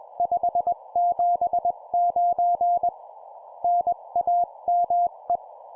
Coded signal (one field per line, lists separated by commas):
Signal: Morse code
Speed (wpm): 21 wpm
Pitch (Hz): 700 Hz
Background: none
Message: 579 NAME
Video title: 20wpm CW CQ QSO Operation Sample, CW morse code